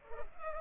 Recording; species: mosquito wingbeat signal from an infrared sensor; Culex pipiens